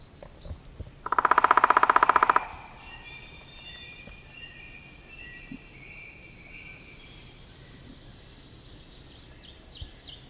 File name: Picoides pubescens - Downy Woodpecker